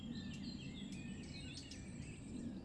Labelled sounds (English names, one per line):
Eurasian Blackcap